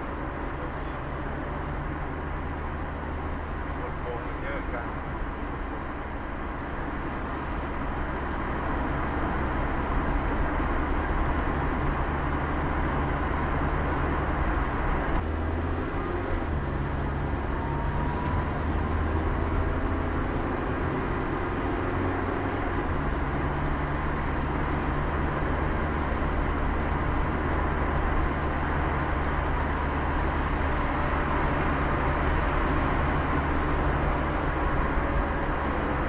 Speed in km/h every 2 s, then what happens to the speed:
0, 0, 0, 0, 0, 0, 0, 0, 12, 19, 26, 32, 34, 34, 34, 36, 39, 43.
0-14 standing. 14-22 pulls away to 32. 22-31 steady at about 34. 31-36 speeds up to 43.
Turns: none.